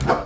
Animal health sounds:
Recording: pig call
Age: growing-finishing pig (85 days or more)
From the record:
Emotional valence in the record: positive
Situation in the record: run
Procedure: transit

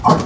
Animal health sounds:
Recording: pig call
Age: growing-finishing pig (85 days or more)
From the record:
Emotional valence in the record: positive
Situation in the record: run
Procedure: transit

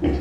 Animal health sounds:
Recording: pig call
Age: growing-finishing pig (85 days or more)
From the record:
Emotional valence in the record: negative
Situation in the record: barren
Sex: female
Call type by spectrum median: low-frequency call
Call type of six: low-frequency stable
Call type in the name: low-frequency stable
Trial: 2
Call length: 0.21 s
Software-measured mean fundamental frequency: 47 Hz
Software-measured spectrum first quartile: 101 Hz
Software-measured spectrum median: 260 Hz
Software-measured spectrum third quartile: 388 Hz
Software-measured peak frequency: 308 Hz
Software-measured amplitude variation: 104 dB a second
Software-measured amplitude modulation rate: 18.8 a second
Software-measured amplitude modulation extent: 5.5 dB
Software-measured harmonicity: 0.3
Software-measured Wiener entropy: -0.89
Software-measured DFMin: 903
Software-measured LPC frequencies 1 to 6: 344, 1891, 2335, 3041, 4520, 5263 Hz

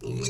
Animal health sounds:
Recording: pig call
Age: weaner (32 to 43 days)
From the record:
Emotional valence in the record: negative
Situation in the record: short isolation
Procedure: open field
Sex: female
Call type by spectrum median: low-frequency call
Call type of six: mixed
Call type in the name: high-frequency modulated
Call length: 0.30 s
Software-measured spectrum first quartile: 219 Hz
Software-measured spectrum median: 1228 Hz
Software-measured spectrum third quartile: 5556 Hz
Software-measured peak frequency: 396 Hz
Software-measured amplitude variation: 110 dB a second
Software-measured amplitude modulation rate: 25.1 a second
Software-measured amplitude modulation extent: 4.4 dB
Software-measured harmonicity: 4.3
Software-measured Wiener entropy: -4.36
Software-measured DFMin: 720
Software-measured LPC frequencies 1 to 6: 351, 1124, 2423, 3843, 4443, 5747 Hz

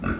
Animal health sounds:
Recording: pig call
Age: growing-finishing pig (85 days or more)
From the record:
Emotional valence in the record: negative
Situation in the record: barren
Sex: male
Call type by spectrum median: low-frequency call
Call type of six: low-frequency stable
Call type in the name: low-frequency stable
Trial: 2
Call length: 0.20 s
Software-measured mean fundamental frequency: 62 Hz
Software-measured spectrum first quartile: 185 Hz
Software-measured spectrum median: 445 Hz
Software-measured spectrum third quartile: 1399 Hz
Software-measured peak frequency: 71 Hz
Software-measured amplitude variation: 147 dB a second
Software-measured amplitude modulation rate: 24.9 a second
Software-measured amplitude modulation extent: 5.9 dB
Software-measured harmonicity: 1.8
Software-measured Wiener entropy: -1.75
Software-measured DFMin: 674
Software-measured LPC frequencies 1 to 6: 1378, 2569, 4234, 5499, 6642, 7433 Hz

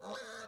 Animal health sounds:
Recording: pig call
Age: piglet (1 to 25 days)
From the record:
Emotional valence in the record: negative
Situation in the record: short isolation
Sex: male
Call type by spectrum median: low-frequency call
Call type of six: mixed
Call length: 0.48 s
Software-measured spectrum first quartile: 611 Hz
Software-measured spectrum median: 1242 Hz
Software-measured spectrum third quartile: 2518 Hz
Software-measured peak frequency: 521 Hz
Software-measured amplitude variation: 89 dB a second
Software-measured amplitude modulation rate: 21.6 a second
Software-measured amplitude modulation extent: 4.1 dB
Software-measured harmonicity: 2.9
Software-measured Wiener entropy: -1.55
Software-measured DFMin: 1093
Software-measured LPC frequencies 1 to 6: 635, 1510, 3808, 5208, 5856, 6621 Hz

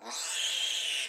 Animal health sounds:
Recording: pig call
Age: piglet (1 to 25 days)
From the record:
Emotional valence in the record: negative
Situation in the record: restrain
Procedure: in the arms of a person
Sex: female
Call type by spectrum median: high-frequency call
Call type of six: high-frequency modulated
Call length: 1.08 s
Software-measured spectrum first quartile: 2973 Hz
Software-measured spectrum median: 3860 Hz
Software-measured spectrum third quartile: 6714 Hz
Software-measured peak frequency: 3203 Hz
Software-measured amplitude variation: 89 dB a second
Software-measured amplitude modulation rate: 27.6 a second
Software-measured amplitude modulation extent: 3.2 dB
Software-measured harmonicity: 2.9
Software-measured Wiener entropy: -1.95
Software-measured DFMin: 1355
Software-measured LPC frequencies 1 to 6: 850, 1730, 3208, 3954, 4897, 5867 Hz

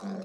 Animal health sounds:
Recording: pig call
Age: piglet (1 to 25 days)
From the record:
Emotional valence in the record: negative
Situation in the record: short isolation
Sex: female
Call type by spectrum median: low-frequency call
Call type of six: mixed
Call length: 0.26 s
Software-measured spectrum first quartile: 198 Hz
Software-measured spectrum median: 320 Hz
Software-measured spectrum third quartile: 747 Hz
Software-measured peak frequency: 207 Hz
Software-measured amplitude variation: 107 dB a second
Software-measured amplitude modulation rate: 17.6 a second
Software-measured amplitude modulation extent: 6.1 dB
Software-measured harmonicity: 5.7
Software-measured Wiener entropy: -0.42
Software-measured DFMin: 1147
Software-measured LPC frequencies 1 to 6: 1348, 3945, 4936, 7686, 8294, 9448 Hz

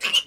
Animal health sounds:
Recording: pig call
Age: piglet (1 to 25 days)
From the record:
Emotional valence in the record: negative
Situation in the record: castration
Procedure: castration, fixation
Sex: male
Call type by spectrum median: high-frequency call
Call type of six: low-frequency tonal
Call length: 0.27 s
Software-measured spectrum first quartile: 2735 Hz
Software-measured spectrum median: 3005 Hz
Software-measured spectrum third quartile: 3750 Hz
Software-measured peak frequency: 2995 Hz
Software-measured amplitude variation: 262 dB a second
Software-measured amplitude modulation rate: 13.2 a second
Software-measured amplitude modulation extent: 19.9 dB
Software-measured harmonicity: 7.7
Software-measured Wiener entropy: -2.32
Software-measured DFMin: 807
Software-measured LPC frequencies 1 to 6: 1204, 2956, 4423, 5186, 6401, 8039 Hz

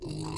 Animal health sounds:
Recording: pig call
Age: weaner (32 to 43 days)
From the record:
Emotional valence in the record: negative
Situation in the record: novel object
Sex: female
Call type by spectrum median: low-frequency call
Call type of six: mixed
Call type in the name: high-frequency modulated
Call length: 0.38 s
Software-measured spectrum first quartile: 221 Hz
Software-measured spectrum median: 774 Hz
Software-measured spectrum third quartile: 4176 Hz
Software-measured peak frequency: 324 Hz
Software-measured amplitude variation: 110 dB a second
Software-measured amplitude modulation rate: 31.3 a second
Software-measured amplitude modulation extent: 3.5 dB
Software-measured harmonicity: 4.7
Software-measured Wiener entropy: -4.30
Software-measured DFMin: 805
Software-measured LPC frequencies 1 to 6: 301, 1005, 2719, 4451, 6632, 7927 Hz

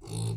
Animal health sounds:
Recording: pig call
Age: weaner (32 to 43 days)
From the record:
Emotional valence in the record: negative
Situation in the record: short isolation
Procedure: open field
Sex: female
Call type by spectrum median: low-frequency call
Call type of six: low-frequency stable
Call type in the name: low-frequency stable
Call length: 0.37 s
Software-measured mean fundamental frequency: 55 Hz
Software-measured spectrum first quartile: 128 Hz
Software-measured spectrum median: 425 Hz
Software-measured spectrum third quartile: 5191 Hz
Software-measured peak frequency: 116 Hz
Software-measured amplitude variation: 130 dB a second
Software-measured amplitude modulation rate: 43.7 a second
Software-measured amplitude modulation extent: 3.0 dB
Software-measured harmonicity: 9.8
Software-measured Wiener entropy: -4.50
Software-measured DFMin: 1116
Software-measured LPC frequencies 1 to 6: 854, 2627, 3656, 4266, 5539, 6378 Hz

